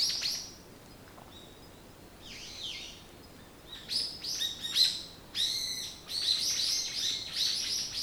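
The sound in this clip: Bird song: a quiet slurred note early on, then a rapid run of high sharp chirps and trills building through the second half.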